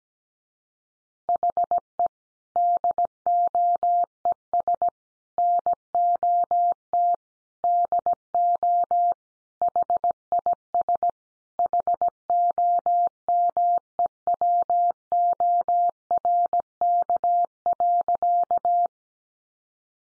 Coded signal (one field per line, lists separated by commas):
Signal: Morse code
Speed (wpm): 17 wpm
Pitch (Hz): 700 Hz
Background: none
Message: HE DOES NOT DO HIS HOMEWORK.